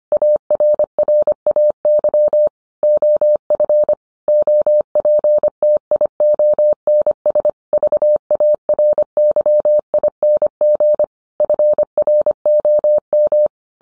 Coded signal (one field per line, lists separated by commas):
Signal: Morse code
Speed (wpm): 25 wpm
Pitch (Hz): 600 Hz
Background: none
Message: ARRAY OF OPTIONS VARYING FROM